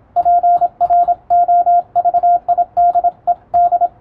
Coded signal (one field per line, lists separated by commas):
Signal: Morse code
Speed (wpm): 27 wpm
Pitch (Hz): 700 Hz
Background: radio noise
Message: PROVIDED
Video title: タイプ受信する無線通信士！モールス信号のンとツーを読み解くとあら不思議文章になります、情報処理の基礎！(morsecode practice for radiotelegraph operator)